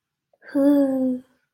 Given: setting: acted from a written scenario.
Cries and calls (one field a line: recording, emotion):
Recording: vocal sound without words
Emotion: serenity